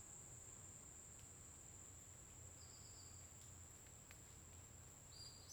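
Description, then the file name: Cricket giving a constant high buzzing trill, with a brief flat bird whistle in the middle and another short whistle at the end. Constant cricket sound in a forest during the day, with a bird singing at intervals. "Grilo constante na floresta dia passaro canta em intervalos"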